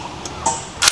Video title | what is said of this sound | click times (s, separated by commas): First time camper here in canada / ikutin natin campsite ng saskatchewan/ ang ganda .... | yon. Naka-lock na. So sarado mo siya. | 0.5 s